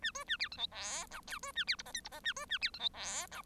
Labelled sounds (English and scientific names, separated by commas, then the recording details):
Bengalese Finch (Lonchura striata domestica) song
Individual Bird1